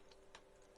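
A small plastic reflector is pressed back into its cutout in the light housing of a die-cast Fanhome 66 Batmobile model car part, refitted because one peg is slightly bigger than the other and it was not seated properly before. A faint tick at 0.1 s is followed by a sharper, louder tick at 0.3 s as the reflector seats into place.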